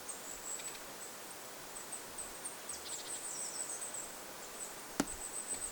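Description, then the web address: Goldcrest calls: very high, thin, faint notes scattered throughout in short runs, over steady background hiss, with one sharp click near the end. In a small flock of birds, 25 August 2026. "paivat 25 8 2026 pikkulintuparvi jossa on hippiaisia"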